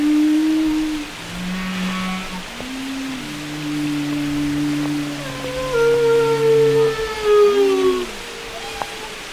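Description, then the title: Whale song: overlapping sustained moans at low and middle pitch, several brief arched upsweeps, and a long gliding tone near the end, over steady hiss. Whale songs described as carrying messages used in communication and social life. "Whale Wisdom: Understanding the Language of the Deep"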